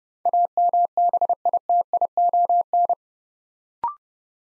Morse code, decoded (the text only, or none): AMBITION